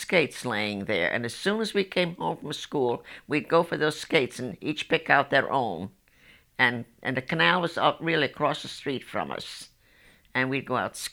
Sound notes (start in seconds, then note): none